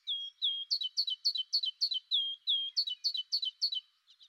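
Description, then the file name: Great tit: a few drawn-out whistled notes, then rapid runs of sharp two-part notes, repeated several times in a quiet setting. "Parus major"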